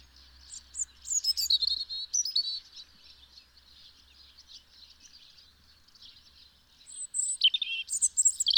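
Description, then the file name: European robin song with jumbled high warbled notes at the start, a quieter spell of soft high twittering, then another sharp, squeaky phrase near the end. "Erithacus rubecula"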